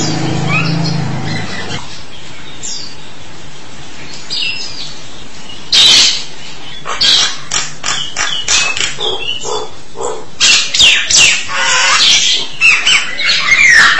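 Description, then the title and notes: Starling song: a low hum at first, then a growing series of harsh, scratchy chattering notes and squeaks. "suara burung jalak"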